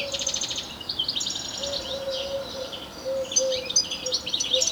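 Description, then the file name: European goldfinch giving fast tinkling twitters and short buzzy trills in bursts, a steady low hum coming and going beneath. "Carduelis carduelis"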